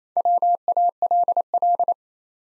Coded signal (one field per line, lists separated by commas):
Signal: Morse code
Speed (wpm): 29 wpm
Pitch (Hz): 700 Hz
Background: none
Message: WALL